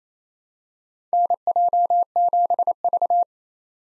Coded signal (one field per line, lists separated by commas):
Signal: Morse code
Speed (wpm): 28 wpm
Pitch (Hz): 700 Hz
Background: none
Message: NJ7V